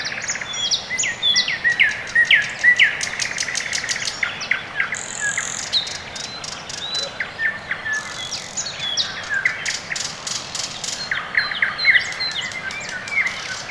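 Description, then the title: Many birds calling at once: crisp repeated ticking notes, falling whistles and a thin sustained high tone midway, all over low background hiss. Quiet early morning in the Orekhovo-Borisovo Severnoye district, Moscow, Russia; recorded with a Sony ECM-MS2 into a Marantz PMD-661, processed with iZotope RX2 equalisation and gain. "район Орехово-Борисово Северное, Москва, Россия - Morning birds"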